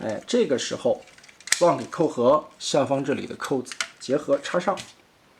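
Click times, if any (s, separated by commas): none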